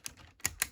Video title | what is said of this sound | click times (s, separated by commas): MakeToys Re:Master DESPOTRON - Via's Toy Reviews #4 | try to get that snapped into place and there you have that | 0.5 s, 0.6 s